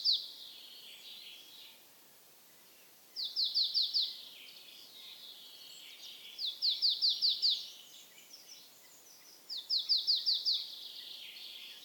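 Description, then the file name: Marsh tit singing rapid bursts of five or six sharp, descending high notes, each burst repeated roughly every three seconds over soft ambient noise. "Mésange nonnette"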